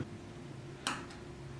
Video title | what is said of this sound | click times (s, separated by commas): ¿Cómo cambiar el vidrio roto de un iPhone? | Ya hizo clic. | 0.9 s